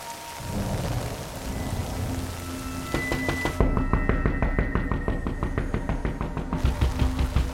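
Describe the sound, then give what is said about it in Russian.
A heavy downpour roars with a dense, steady hiss, joined by deep low rumbling and a run of sharp, rapid taps in the second half. No one speaks. “Ливень.”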